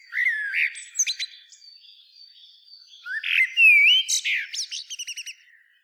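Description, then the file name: Common blackbird producing squeaky whistles and a sliding clear note, followed by a quick run of short repeated high chips near the end. "Turdus merula"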